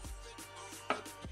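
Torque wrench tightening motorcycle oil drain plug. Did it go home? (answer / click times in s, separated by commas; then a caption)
yes / 0.9 s. A click-type torque wrench set to 23 Nm tightens the steel oil drain plug into the engine case of a Suzuki TU250 motorcycle while music plays in the background. A short, sharp click sounds at 0.9 s as the wrench reaches its set torque, confirming the plug is tightened to specification.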